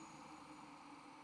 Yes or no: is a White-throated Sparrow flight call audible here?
no